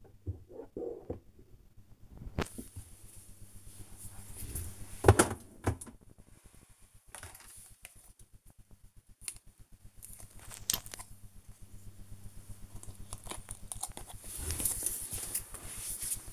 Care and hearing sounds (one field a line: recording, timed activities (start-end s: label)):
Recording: household activities, microphone on the right wrist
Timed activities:
0.00-16.33 s: tidy up the cupboard